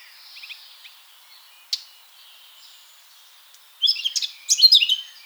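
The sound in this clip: Eurasian blackcap song: mostly quiet apart from a few faint notes and one click, then a brief, lively warbled phrase with bright notes in the final second and a half.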